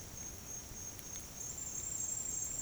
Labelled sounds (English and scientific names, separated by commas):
none